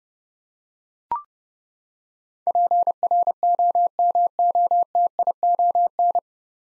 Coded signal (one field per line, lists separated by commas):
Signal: Morse code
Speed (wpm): 31 wpm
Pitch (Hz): 700 Hz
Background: none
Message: PROMOTION